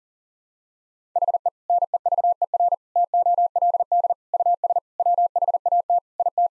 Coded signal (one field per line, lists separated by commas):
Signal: Morse code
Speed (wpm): 37 wpm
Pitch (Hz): 700 Hz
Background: none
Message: HE NEVER TOLD US WHAT IT